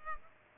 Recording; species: mosquito wingbeat signal from an infrared sensor; Culex pipiens